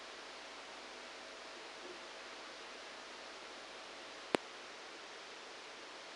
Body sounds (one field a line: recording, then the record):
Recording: brain microelectrode recording played as sound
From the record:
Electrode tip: outside the subthalamic nucleus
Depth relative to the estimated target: -6 mm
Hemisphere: right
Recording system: NeuroSet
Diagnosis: Parkinson's disease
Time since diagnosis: 9 years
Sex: male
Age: 56 years